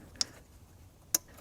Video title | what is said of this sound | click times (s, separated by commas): 2007 - 2014 GM Trucks 5.3L Vortec V8 with AFM ~ Oil Fouled Spark Plugs Piston Cleaning (Chevy & GMC) | it'll make a click sound and we can push in and release the lock. | 1.2 s